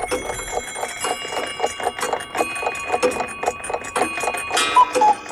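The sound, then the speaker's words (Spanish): Several clocks chime and strike three in the afternoon together, one after another, bright ringing tones at different pitches and rhythms overlapping over a steady, rapid ticking rhythm, with a louder burst of chiming near the end. “Los relojes, uno tras otro, con distintos tonos y ritmos, empezaron a dar las 3 de la tarde.”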